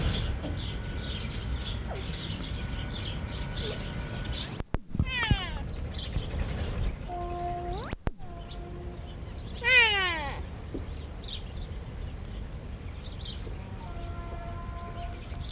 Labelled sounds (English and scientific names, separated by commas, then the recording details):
Wapiti (Cervus canadensis) call
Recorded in captivity
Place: Tierpark Berlin, Berlin, DE
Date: 1975-11-01 11:23
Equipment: Uher CR 210, Sennheiser MD 421, Kopie Uher 4200
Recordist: Tembrock, Günter